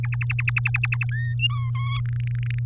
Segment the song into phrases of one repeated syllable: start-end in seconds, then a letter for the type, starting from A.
0.03-1.05 A, 1.11-1.35 B, 1.39-1.71 C, 1.75-2.00 D, 2.05-2.59 E